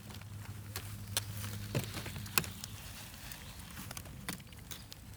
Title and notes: Champs - Parves-et-Nattages, France - Des sauterelles bondissent sur les feuilles mortes. des centaines de petites sauterelles ont collonisé cette friche végétale